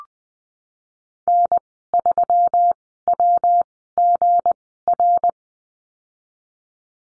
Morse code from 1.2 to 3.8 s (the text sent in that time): N 3 W